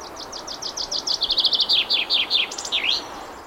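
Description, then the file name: Common chaffinch delivering a complete song: a cascade of crisp notes dropping in pitch across about three seconds, closing with an emphatic twisting end note. "Fringilla coelebs"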